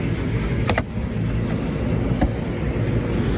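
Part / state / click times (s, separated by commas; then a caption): charging gun into electric car charging inlet / seated / 0.7 s, 0.8 s. A public EV charging gun is pushed into an electric car's charging inlet and latches with a sharp double click at 0.7 and 0.8 seconds over a steady low outdoor rumble. A third, softer click follows at 2.2 seconds. The gun is seated and locked to the car, with the car's indicator showing it is connected correctly.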